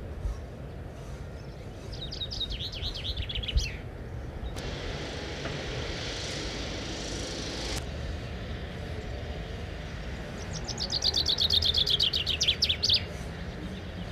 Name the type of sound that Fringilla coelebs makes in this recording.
song